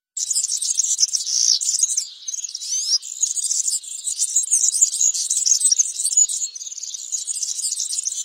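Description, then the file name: European serin singing a shrill, fast, glassy jangle of squeaky twitters, almost continuous throughout with one short dip near two seconds. "canto do milheirinha europeia"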